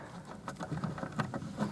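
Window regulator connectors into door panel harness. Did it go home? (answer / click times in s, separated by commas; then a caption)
no / none. Blue and purple front window regulator connectors on a 2008-2014 Mercedes-Benz C300 are handled as they are plugged into the door panel harness before the door panel goes on. A series of short taps and rustles is heard, the sharpest at about 1.2 s. Nothing has seated or clicked yet.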